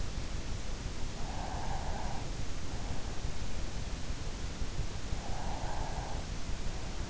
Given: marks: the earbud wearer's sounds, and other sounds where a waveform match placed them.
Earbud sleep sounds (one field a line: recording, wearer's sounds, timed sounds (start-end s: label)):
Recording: sounds in sleep by an in-ear microphone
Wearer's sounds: breath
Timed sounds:
1.07-2.85 s: breath
4.96-6.62 s: breath